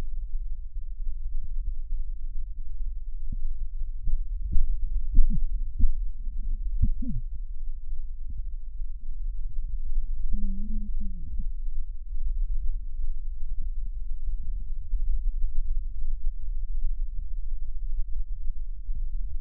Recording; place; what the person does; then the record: lung sounds by stethoscope; left posterior basal chest; quiet breathing, then cough and speech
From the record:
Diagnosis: interstitial lung disease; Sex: female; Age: 60 years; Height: 154 cm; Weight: 68.1 kg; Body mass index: 28.7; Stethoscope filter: bell mode